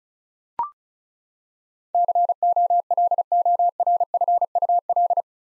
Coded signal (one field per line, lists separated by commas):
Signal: Morse code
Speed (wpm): 34 wpm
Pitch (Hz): 700 Hz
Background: none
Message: COLORFUL